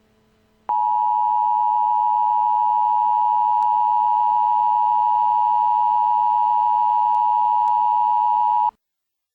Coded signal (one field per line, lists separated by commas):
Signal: Emergency Alert System (SAME) tones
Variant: 853 and 960 Hz attention tone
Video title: A Live Nuclear Missile EAS: "The Ball Drop"